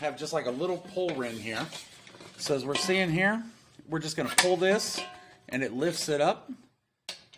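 Someone talks while lifting a folding leg on a steel Cedar Trail 22" fire pit by its little pull ring, with a few brief handling sounds near the end at about 7.1, 7.3 and 7.4 s. The leg has not yet snapped into its locked position in the frame; nothing has seated or clicked yet.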